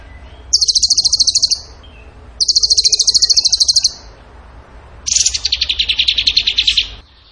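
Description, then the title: Bird repeating high, machine-gun-like trills, three bursts each over a second long, the last one lower and rougher. Masteran (training recording) for song birds in the tembakan gacor song style. "Masteran Burung Tembakan Gacor"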